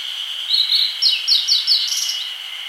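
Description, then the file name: Grey bunting producing a rapid sequence of thin, slightly descending high notes lasting about two seconds, with a continuous insect buzz underneath. "Emberiza variabilis"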